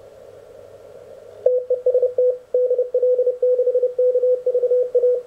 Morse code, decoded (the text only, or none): TEST DL6KVA